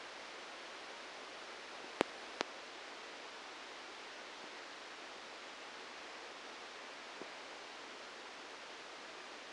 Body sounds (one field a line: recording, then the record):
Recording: brain microelectrode recording played as sound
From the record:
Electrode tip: outside the subthalamic nucleus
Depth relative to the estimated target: -1 mm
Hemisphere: right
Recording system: NeuroSet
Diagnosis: Parkinson's disease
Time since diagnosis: 9 years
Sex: male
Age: 56 years